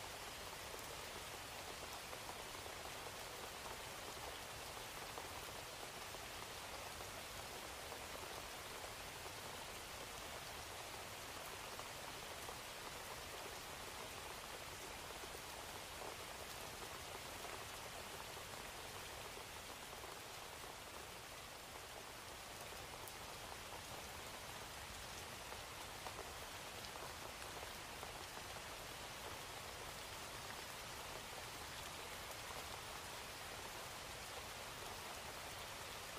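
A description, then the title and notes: Gentle rain falls steadily throughout, a dense, even hiss of countless small drops with no breaks or swells. The sound sits mostly in the bright, airy range with little low rumble, and stays at a constant level from start to finish. Natural rain sound falling gently.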